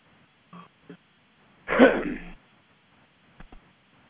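One loud, harsh cough burst lasting under a second, with small throat sounds before and after.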